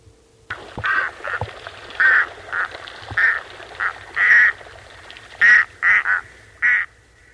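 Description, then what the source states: Loon kark calls, harsh nasal barks in an uneven series, some doubled or tripled. Kark call, recorded for loon research.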